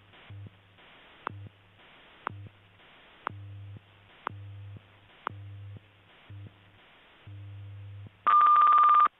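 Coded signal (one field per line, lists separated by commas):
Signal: radio time signal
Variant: WWVH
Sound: short tick each second over a low hum, then a loud steady high beep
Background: low 100 Hz hum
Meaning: The long 1200 Hz tone marks the start of a new minute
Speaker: This is radio station WWVH Kauai, Hawaii, broadcasting on internationally allocated standard carrier frequencies of 2.5, 5, 10, and 15 megahertz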